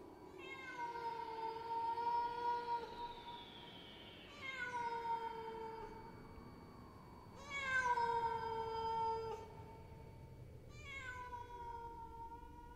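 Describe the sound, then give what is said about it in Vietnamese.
A feral cat meows far off in the night: four long, drawn-out wailing calls with breaks between them, each sliding downward in pitch, heard alone with no voices. “Trời càng lúc càng về khuya, phía xa xa trong đêm tiếng con mèo hoang kêu lên văng vẳng.”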